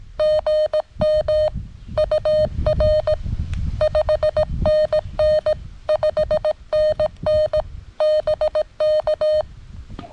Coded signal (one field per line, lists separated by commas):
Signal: Morse code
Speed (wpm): 17 wpm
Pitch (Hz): 610 Hz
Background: none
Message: GM UR 5NN 5NN BK